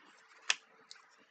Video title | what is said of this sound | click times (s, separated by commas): viewer call in NEW COIN KARLSEN lets talk about it | okay there's the click | 0.5 s